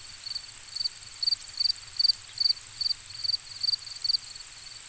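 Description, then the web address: Crickets chirping in quick high-pitched pulses, about two to three per second, over a steady very high insect hiss; no other clear sounds. Ambient nature recording of crickets. "Dr Sound Effects. Crickets and Frogs In the Distance"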